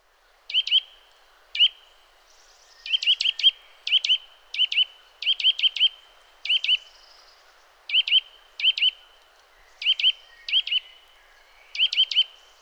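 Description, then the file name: Eurasian nuthatch giving clipped, high call notes, singly or in tight clusters of two to four, at uneven intervals throughout. "Sitta europaea"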